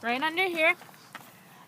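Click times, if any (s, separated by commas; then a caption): 1.2 s. While tacking up a horse, someone talks briefly as they fasten a strap clip on the horse tack that closes in three clicks, with two already done. After a short quiet pause, a single sharp click at 1.2 s marks the third click as the clip snaps shut and seats.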